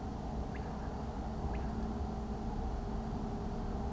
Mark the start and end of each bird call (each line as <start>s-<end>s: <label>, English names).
0.54s-0.88s: Common Quail
1.52s-1.87s: Common Quail